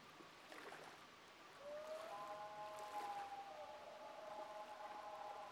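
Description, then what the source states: Common loon wails, one bird's long level note met by another's upward-sliding cry, both holding and overlapping, over a faint background hiss. Two common loons calling together in a duet.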